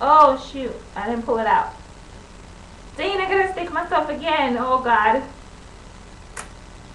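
Someone talks for the first five seconds, then pulls down the plastic dose gauge on a Gonal-f injector pen to get ready to inject again. A short, sharp click is heard at 6.4 s as the gauge seats in the pen body. The click confirms the pen is ready to inject the medication into the belly.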